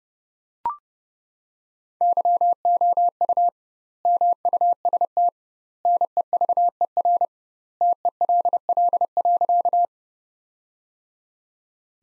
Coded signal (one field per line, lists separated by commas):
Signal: Morse code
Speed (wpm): 32 wpm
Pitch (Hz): 700 Hz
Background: none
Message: YOU MUST NEVER TELL.